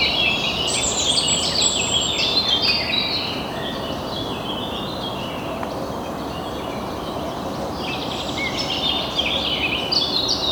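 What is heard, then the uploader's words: Many birds chirp and sing at once, a dense, overlapping chorus of bright calls that is busiest in the first three seconds and again near the end, thinning slightly in the middle. Beneath the birds runs a steady low rumble of background noise. Busy Birds in the Morning.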